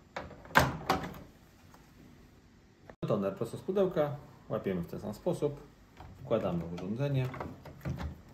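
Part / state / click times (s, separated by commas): toner cartridge into multifunction copier / not seated / none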